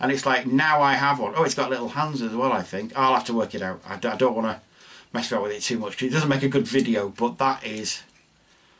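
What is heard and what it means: A plastic part of a transforming robot toy is being handled to snap back into the toy's body during an unboxing, while someone talks almost throughout. Nothing has seated or clicked yet; the clip ends just before the part goes home, with a brief pause in the talk near 4.7 s and quiet after 8.0 s.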